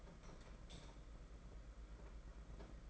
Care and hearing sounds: daily activity, microphone in the room; light on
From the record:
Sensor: 5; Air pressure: 992.0 hPa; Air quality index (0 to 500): 201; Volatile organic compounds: 1000 ppm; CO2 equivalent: 5785 ppm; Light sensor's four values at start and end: 8/18/7/8 and 8/21/8/9

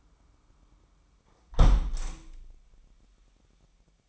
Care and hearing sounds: daily activity, microphone in the room; close window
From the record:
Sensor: 1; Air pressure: 998.7 hPa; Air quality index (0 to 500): 122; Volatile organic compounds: 3 ppm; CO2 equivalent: 1462 ppm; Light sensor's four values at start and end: 8/19/8/9 and 8/18/7/9

